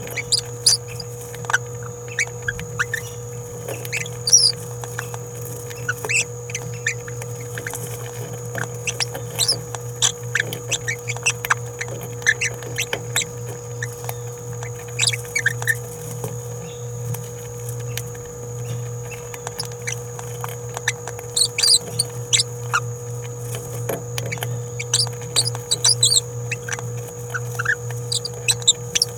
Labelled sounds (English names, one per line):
Green-rumped Parrotlet babbling